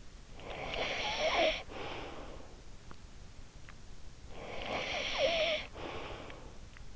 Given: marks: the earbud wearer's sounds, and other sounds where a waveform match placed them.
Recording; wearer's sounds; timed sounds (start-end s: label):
sounds in sleep by an in-ear microphone; snoring breath
0.26-2.83 s: snoring breath
4.07-6.95 s: snoring breath